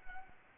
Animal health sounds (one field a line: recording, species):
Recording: mosquito wingbeat signal from an infrared sensor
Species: Anopheles arabiensis